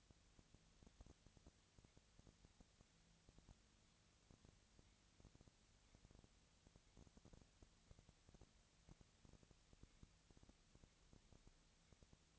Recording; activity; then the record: daily activity, microphone in the room; no activity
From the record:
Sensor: 3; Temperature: 20.4 degrees Celsius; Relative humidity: 34.4%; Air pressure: 996.8 hPa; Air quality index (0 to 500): 205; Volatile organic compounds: 68 ppm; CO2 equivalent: 3499 ppm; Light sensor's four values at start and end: 2/3/2/2 and 2/3/2/2